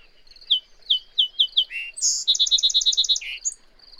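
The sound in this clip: Bird song: a series of sharp downslurred whistled notes, then a fast trill of many repeated ringing notes, ending with a brief high note and a few soft high notes.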